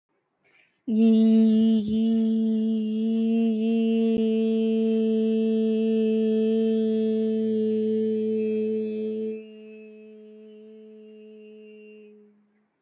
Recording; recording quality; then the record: sustained vowel as in beet; excellent, no background noise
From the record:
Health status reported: healthy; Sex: female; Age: 23 years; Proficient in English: yes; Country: India